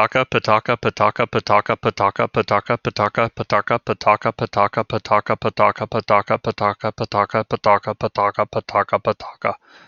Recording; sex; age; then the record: repeated syllables /pa ta ka/; male; 30 to 39 years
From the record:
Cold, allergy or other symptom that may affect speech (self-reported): no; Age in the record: 36 years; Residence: Kansas, United States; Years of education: 12